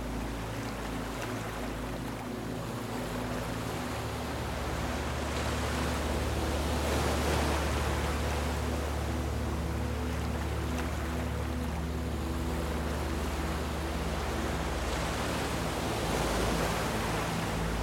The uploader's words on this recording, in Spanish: DUERME con el Sonido de las OLAS y una MÚSICA Suave. Suave ruido de las olas y las melodías relajantes.